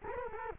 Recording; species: mosquito wingbeat signal from an infrared sensor; Culex quinquefasciatus